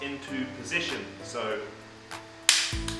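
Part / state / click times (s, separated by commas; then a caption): ebike battery pack into frame mount / seated / 2.5 s. While someone talks, a Magicycle fat tire ebike battery pack is pushed back along its mount rail into the frame mount. A sharp click sounds at 2.5 s, followed by a smaller echo hit at 2.9 s, as the battery locks into place.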